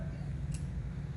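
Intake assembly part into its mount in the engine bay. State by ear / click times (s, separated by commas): not seated / none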